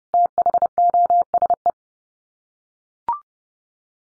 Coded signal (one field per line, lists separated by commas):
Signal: Morse code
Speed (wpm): 30 wpm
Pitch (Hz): 700 Hz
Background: none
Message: THOSE